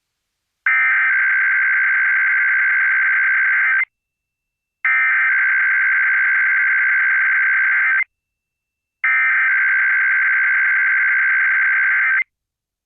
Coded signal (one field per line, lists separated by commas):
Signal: Emergency Alert System (SAME) tones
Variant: header bursts